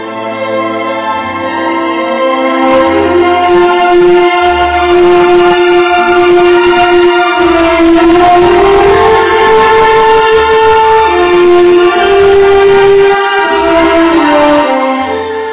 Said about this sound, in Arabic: وقف القطار